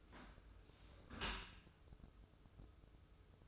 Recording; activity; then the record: daily activity, microphone in the room; close dishwasher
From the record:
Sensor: 2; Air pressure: 995.7 hPa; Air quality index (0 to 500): 97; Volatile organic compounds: 5 ppm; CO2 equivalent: 1796 ppm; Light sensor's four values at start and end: 25/81/32/31 and 25/81/32/31